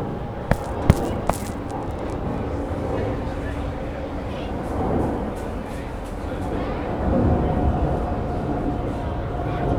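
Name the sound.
airplane passing overhead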